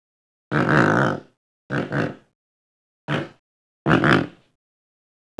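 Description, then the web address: Pelican giving low, hoarse grunting calls in several separate rough bursts, the first longest, some of them doubled. "pakshi pelican"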